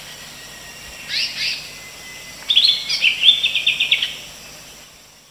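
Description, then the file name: Greater green leafbird giving a short burst of chirps, then a longer run of rapid, slurred, twittering high notes, over a low constant hiss. Female. "suara cucak hijau betina. omkicau"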